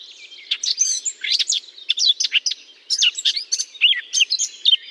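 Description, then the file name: Eurasian blackcap singing a rapid, scratchy-to-fluty warble in a string of short bursts, high and jumbled. Singing in holly. "chant de fauvette a tete noire dans houx"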